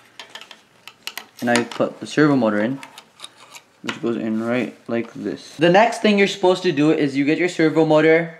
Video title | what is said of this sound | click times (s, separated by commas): QUADRUPED ROBOT PART 1 BUILD AND WIRING | 3d printed there you hear that little click | 1.1 s